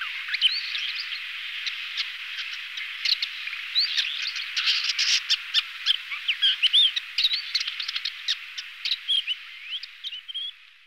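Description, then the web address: Tiger shrike song, a long jumble of harsh scratchy notes, clicks and short rising whistles. "lanius tigrinus"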